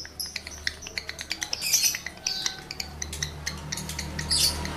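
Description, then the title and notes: Lovebird twittering of quick sharp clicks and shrill squeaks over a steady low electrical hum. Male lovebird in breeding condition; its singing is used as a lure to stimulate other lovebirds to sing. "Birahi Lovebird Jantan ke Gacor. Pancingan Suara Lovebird jantan birahi"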